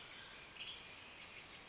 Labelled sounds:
Western Tanager (Piranga ludoviciana)
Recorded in Sonoma County, California

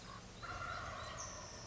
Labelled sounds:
Wild Turkey (Meleagris gallopavo)
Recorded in Sonoma County, California

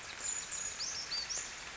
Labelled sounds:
Brown Creeper (Certhia americana)
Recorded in Sonoma County, California

